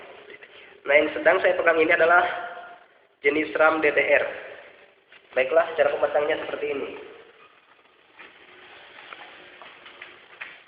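A man talks for about seven seconds while holding a DDR RAM module, then lines the stick up over its motherboard DIMM slot. Small handling ticks follow near 9.1 s, 10.0 s and 10.4 s. Nothing has seated or clicked yet.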